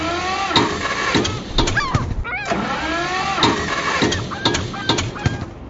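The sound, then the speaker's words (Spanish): A car engine cranks and catches, then runs with a loud, rough drone while whining tones rise and fall as it revs, punctuated by sharp mechanical bursts. “Suban conmigo, vamos al coche.”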